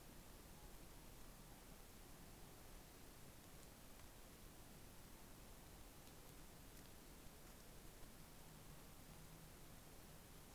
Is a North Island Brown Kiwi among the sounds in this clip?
no